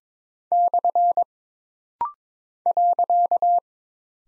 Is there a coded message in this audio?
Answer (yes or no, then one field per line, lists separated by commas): yes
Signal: Morse code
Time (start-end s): 0.5-3.6 s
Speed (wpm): 22 wpm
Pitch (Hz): 700 Hz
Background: none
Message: / .